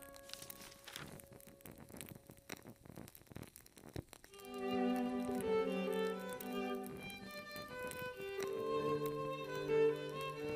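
Classical music with candles in a reading nook. The first four seconds are quiet, with soft ticks, faint crackles and brief low tones. Around four seconds a sustained instrumental passage swells in, holding long layered notes that shift slowly and grow fuller toward the end.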